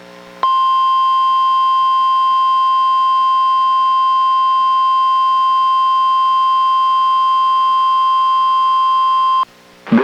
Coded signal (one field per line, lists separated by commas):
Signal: Emergency Alert System (SAME) tones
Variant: 1050 Hz attention tone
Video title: EAS #982: NWR Required Weekly Test- Sep. 11, 2024- 11:05AM PDT